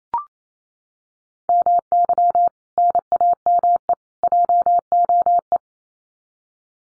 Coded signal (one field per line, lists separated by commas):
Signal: Morse code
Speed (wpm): 28 wpm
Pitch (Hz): 700 Hz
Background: none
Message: MY NAME JOE